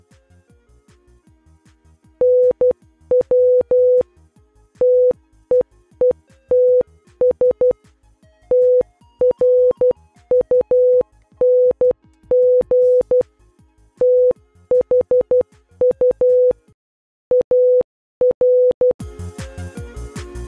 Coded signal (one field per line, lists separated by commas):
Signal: Morse code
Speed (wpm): 12 wpm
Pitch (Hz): 500 Hz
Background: music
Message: NW TEETS TRUNG THU AR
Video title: RÈN LUYỆN MÃ MORSE | CHÚ CUỘI CHỊ HẰNG | CHỦ NHẬT 19-9-2021 | MORSE CODE